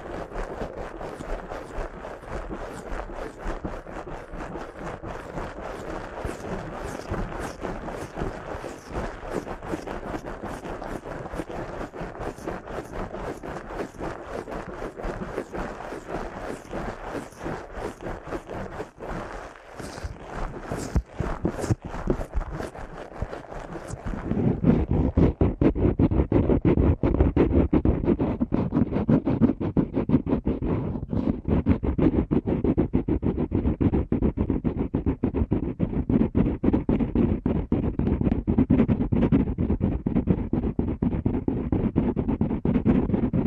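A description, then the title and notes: Ear cleaning sounds, a rapid, dense stream of scratchy, rustling strokes repeating like helicopter blades. For the first 24 seconds it is brighter and crisp; then it turns louder, lower and more muffled, a thick rumbling scrape that continues steadily to the end. ASMR Ear Cleaning at Helicopter Speed.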